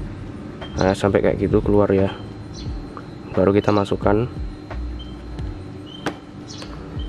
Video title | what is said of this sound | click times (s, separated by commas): Letak Nomor Rangka Honda Vario 160 | baru kita tekan tengahnya ini. Nah, ini udah ngunci. | 6.1 s